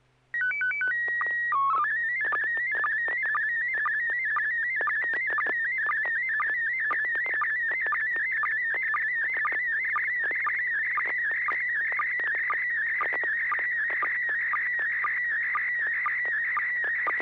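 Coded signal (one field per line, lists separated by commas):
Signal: SSTV (slow-scan television)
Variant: PD 120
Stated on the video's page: Weekly SSTV net on a 441.30 MHz FM repeater, images sent with MMSSTV software.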